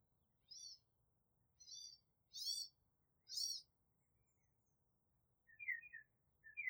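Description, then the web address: Bird calls: four separate high, sharp chirps about a second apart, then a few lower, quicker twittering notes near the end. Background noise removed. "Tedford Sarah Sounds Birds"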